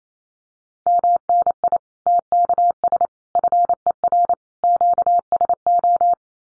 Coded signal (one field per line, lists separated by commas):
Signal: Morse code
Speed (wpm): 28 wpm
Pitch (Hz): 700 Hz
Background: none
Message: MNI TKS FER QSO